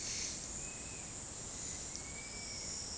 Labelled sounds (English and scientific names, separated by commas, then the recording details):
unidentified bird, Dusky-capped Flycatcher (Myiarchus tuberculifer)
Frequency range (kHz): unidentified bird 1.6-3.2 kHz; Dusky-capped Flycatcher (Myiarchus tuberculifer) 1.4-2.5 kHz
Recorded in secondary vegetation near Puerto Asís, Putumayo, Colombia, on 18 February 2024 at 12:00
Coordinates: 0.468, -76.324
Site G6381